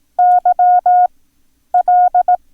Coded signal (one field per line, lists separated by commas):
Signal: Morse code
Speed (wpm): 18 wpm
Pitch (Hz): 720 Hz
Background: none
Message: YL